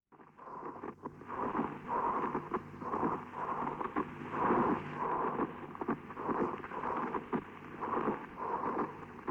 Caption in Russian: Другой вариант шума трения плевры.